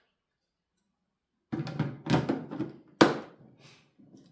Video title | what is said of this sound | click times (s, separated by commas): Unboxing & First Impressions: Apdoe 18 Egg Incubator Review! | there, it's locked into place. | 3.0 s